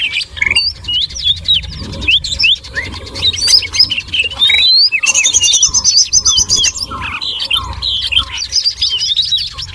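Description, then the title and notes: Birds chirping in a dense, noisy chorus: many overlapping high twittering notes, quick trills and short whistles, nearly continuous with brief pauses. Noisy bird chatter used for luring (pikat) birds. "Burung Ribut Pikat"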